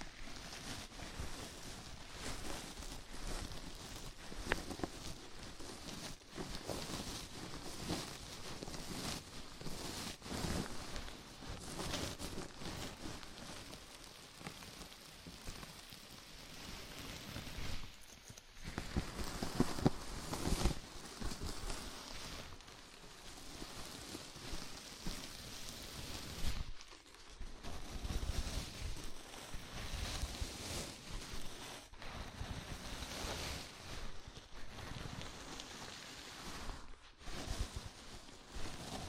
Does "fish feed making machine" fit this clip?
no